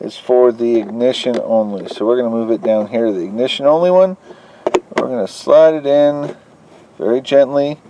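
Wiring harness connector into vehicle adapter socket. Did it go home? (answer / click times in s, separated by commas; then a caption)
no / none. Someone talks while a plastic wiring harness connector is moved down to the ignition-only socket of a vehicle adapter and slid in very gently, with soft handling sounds between the talking. Nothing has seated or clicked yet by the end of the clip.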